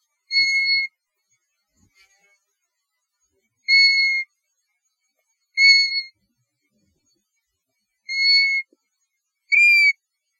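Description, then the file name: European golden plover: soft, melancholy whistles from a European golden plover, five level-to-falling notes at uneven intervals, with a few faint low clicks near the start. "Pluvialis apricaria - European Golden Plover"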